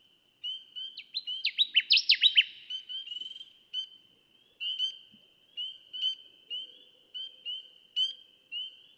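Connecticut warbler song, a bright rapid string of accented descending notes, followed by many short whistled notes.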